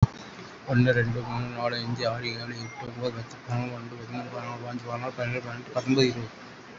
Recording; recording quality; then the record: counting at a fast pace; excellent, no background noise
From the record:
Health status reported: COVID-19 positive, mild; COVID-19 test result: positive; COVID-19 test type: RT-PCR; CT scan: taken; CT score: 5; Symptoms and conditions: cough, cold, sore throat, diabetes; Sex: male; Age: 43 years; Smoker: no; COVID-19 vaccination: one dose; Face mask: not worn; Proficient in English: yes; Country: India